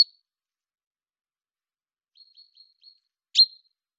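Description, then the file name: Common chaffinch: a clipped note at the start, four soft ticks, then one loud, sharp call near the end, with silence between. "Fringilla coelebs"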